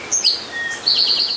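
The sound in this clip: Towhee song: a sharp high note slides downward, a thin steady tone follows, then a rapid ringing trill ends the phrase.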